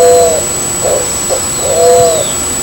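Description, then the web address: Spot-winged pigeon cooing: a drawn-out hooting coo, two brief softer notes, then another long coo, low and mellow over a faint background hiss. "sonidos Columba maculosa - Paloma de ala manchada"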